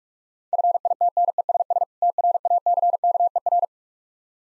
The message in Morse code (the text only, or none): FITNESS TRACKER